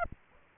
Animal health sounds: mosquito wingbeat signal from an infrared sensor; Aedes aegypti

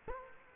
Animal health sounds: mosquito wingbeat signal from an infrared sensor; Culex quinquefasciatus

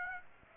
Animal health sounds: mosquito wingbeat signal from an infrared sensor; Aedes aegypti

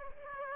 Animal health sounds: mosquito wingbeat signal from an infrared sensor; Aedes aegypti

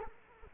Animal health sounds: mosquito wingbeat signal from an infrared sensor; Culex quinquefasciatus

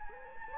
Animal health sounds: mosquito wingbeat signal from an infrared sensor; Anopheles gambiae

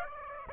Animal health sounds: mosquito wingbeat signal from an infrared sensor; Aedes aegypti

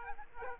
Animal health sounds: mosquito wingbeat signal from an infrared sensor; Aedes aegypti

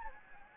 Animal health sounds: mosquito wingbeat signal from an infrared sensor; Anopheles gambiae

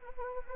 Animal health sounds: mosquito wingbeat signal from an infrared sensor; Anopheles arabiensis

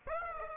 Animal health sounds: mosquito wingbeat signal from an infrared sensor; Aedes aegypti

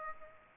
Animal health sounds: mosquito wingbeat signal from an infrared sensor; Aedes aegypti

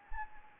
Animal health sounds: mosquito wingbeat signal from an infrared sensor; Anopheles gambiae

